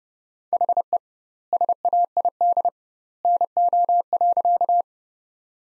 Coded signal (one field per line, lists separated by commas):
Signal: Morse code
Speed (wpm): 30 wpm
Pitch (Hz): 700 Hz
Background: none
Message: HE SAID NO.